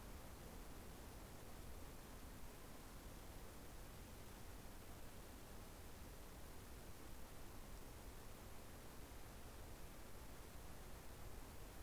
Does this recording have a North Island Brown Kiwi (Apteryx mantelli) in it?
no